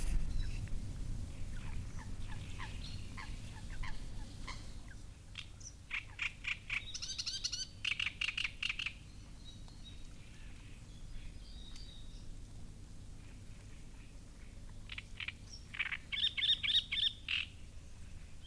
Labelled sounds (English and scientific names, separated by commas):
Great Reed Warbler (Acrocephalus arundinaceus)